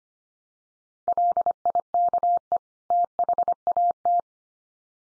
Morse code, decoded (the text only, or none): LIKE THAT